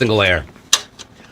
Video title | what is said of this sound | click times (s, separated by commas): Final stream to Join the CLX x AMD giveaway with !Giveaway | yeah so you want to feel some satisfying snaps you guys might have heard them over the mic there | 0.7 s